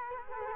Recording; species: mosquito wingbeat signal from an infrared sensor; Culex quinquefasciatus